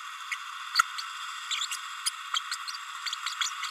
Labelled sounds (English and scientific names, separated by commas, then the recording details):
Green-rumped Parrotlet (Forpus passerinus) babbling
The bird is a female
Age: 30 days
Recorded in a nest box in Venezuela
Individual 17B32A7